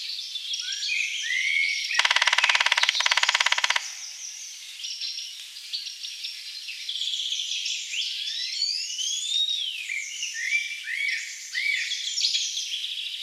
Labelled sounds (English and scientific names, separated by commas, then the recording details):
Grey-headed Woodpecker (Picus canus) song
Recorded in the wild
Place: Waltershofen / Freiburg im Breisgau, Baden-Württemberg, DE
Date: 1978-05-16
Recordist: Schwarz, Dieter
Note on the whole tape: Song